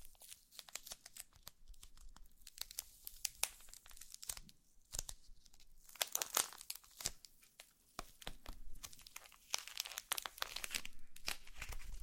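Slime being squished and stretched gives dense, irregular crackling and crinkly pops throughout, with brighter bursts around six and eleven seconds.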